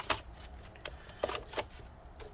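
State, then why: Not seated. A CD drive is slid back into the drive bay of an HP Pavilion DV7 (DV7T-7000) laptop, producing a series of sharp plastic-sounding taps and scrapes at about 0.1, 0.9, 1.1, 1.2, 2.2 and 2.4 seconds. The drive will not go fully home because cables inside are blocking it and are not seated properly, so nothing has seated or clicked into place yet.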